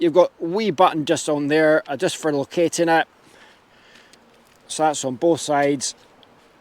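Someone talks while handling the aluminium frame of a OneTigris Dipper camping table, pointing out a small locating button on each side that snaps into its hole to set the low height. Quiet background noise and a couple of faint small sounds fill the pauses between speech. The clip ends before the part goes home, and nothing has seated or clicked yet.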